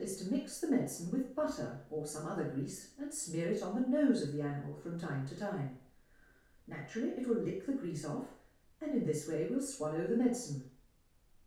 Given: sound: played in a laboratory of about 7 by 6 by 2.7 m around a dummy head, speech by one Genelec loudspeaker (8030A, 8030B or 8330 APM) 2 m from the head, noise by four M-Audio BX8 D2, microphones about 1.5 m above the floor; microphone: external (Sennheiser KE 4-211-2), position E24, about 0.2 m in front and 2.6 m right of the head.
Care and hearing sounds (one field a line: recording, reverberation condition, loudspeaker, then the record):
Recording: female speech in English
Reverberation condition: medium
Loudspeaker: in front (0 degrees)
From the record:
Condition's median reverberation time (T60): about 510 ms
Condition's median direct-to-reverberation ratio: about -0.5 dB